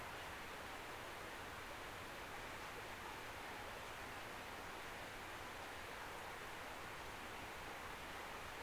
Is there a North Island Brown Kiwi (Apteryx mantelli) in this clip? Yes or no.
no